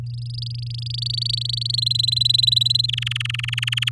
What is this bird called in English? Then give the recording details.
Domestic Canary. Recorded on 11 May 2018 at 06:35. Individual llb16